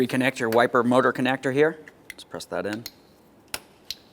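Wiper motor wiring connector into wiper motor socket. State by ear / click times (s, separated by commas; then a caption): seated / 3.5 s, 3.9 s. Someone talks while the plastic wiper motor electrical connector is pressed into its socket on a new wiper transmission assembly for a 1994-1997 Honda Accord. After the talking, two short, sharp clicks sound at 3.5 s and 3.9 s. The connector is seated.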